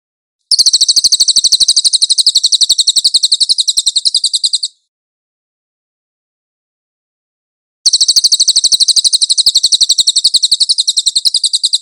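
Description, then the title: Cililin song: two long bursts of fast, high-pitched, rattling trill, each about four seconds, separated by a clean pause of silence. Master (tutor) song of the cililin, clear audio. "MASTER SANGAT BAGUS SUARA BURUNG CILILIN, AUDIO JERNIH"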